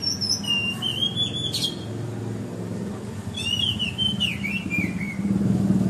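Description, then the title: Greater green leafbird giving a few clear whistled notes that slide down in pitch, partly masked by a steady low rumbling background noise. Recorded in Kalimantan in 2014. "Suara Burung Cucak Ijo 2014 Kalimantan"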